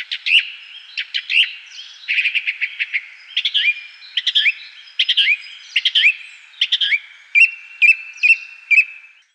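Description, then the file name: Bird calls: bright, high chirps and short whistled notes in quick irregular bursts, ending in a run of evenly repeated sharp notes; no other sounds. "Vogel"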